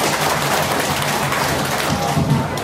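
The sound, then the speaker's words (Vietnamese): An audience claps steadily, a dense crackling wash of many hands that stays at an even, fairly loud level from start to finish, with a faint murmur underneath. “Hãy cho ông này tràng pháo tay.”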